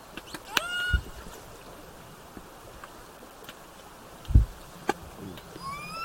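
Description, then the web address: Killer whale calls: a harmonic tone near the start and a rising sweep at the end, with scattered clicks and a few low thumps. Southern Resident killer whales, calf present, bouts on 17 September 2024 between 16:32 and 17:50, labelled OS-L 90 calf. "SRKW bouts 240917-1700-OS-L 90 calf 240917-1632-1750-OS-L 90 calf"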